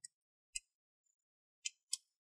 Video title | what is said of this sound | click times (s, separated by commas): Dell Inspiron 5570 Reg P75f ✅ Cleaning & Repaste 💻 | Make sure you hear those clicks. | 0.1 s, 0.6 s, 1.7 s, 1.9 s